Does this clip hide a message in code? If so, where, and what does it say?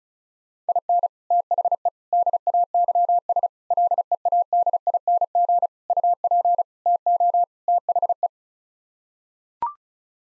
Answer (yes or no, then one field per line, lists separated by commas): yes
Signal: Morse code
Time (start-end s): 0.7-8.3 s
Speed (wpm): 34 wpm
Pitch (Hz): 700 Hz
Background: none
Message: IN THE DAYS LEADING UP TO THE